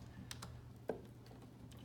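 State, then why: Seated. An 8-pin EPS CPU power cable plug is pushed into its motherboard header. It gives sharp clicks at 0.3 and 0.9 seconds over a low steady hum, with a few fainter ticks between and after. The connector snaps into place and is seated.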